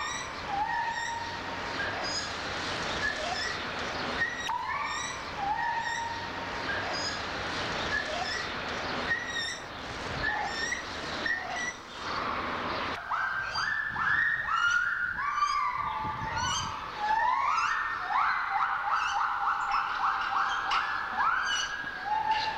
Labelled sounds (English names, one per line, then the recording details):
Silvery Javan Gibbon
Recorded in captivity
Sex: pair
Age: adult
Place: Zoo Berlin, Berlin, DE
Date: 1984-03-02 12:18
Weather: 5°C, sonnig
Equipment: Sony TCM-7, Mikrofon Olympus Mi-7, Kopie Uher 4000 Report Monitor
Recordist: Tembrock, Günter